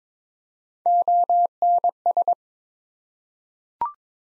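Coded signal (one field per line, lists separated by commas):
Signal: Morse code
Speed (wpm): 22 wpm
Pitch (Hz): 700 Hz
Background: none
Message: ONS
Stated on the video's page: Morse drill at 22 wpm of ARRL section abbreviations used in Field Day exchanges, each sent twice.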